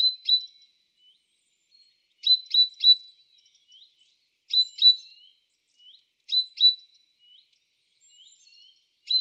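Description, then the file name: Great tit calling in clusters of two or three sharp, ringing high notes, repeated roughly every two seconds with short soft notes between them. "Parus major"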